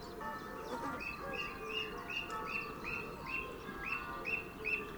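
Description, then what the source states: Song thrush song: a short whistled note near the same pitch repeated rapidly, a few times a second, over steady background noise. Male singing.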